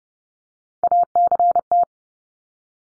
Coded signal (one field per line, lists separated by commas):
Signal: Morse code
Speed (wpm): 30 wpm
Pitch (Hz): 700 Hz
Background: none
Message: ACT